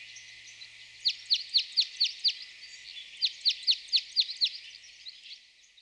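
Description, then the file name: Red crossbill giving a quick series of sharp, downslurred kip notes, about thirteen in two bursts of six or seven, over faint steady hiss. Sapporo, Japan, 7 April 2011. "isuka sapporo namba"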